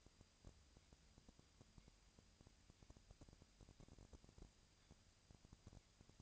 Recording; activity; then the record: daily activity, microphone in the room; no activity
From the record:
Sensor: 2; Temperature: 20.3 degrees Celsius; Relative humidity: 37.0%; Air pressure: 998.7 hPa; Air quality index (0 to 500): 236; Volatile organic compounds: 38 ppm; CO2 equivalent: 3111 ppm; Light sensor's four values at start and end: 2/3/2/2 and 2/3/2/2